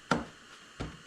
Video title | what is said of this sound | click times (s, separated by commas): $500 oil change?!?! No Way!! 2014 ML63 oil change and air filter replacement. | Pops into place. | 0.1 s